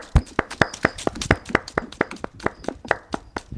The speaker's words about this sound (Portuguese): Salva de palmas aí, parabéns.